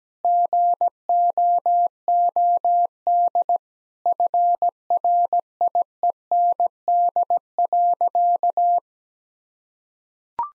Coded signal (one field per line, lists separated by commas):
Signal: Morse code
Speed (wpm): 17 wpm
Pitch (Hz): 700 Hz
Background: none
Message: GOOD FRIEND.